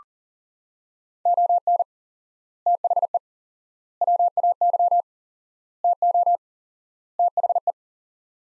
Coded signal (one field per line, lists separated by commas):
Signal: Morse code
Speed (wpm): 40 wpm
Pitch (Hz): 700 Hz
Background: none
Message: ON THE WAY TO THE